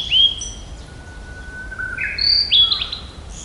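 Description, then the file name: Blue-and-white flycatcher song: clear whistled notes, a long low steady tone, then high slurred phrases near the end. "ooruri"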